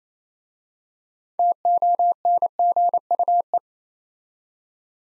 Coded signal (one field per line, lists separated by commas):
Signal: Morse code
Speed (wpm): 29 wpm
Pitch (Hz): 700 Hz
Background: none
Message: TONGUE